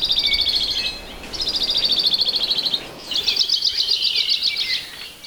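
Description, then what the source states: Hawaii creeper trill: fast, high-pitched pulsed phrases sliding gently downward, repeated about three times over soft steady background noise. Conspicuous descending trill given by males, often the best way to find the bird.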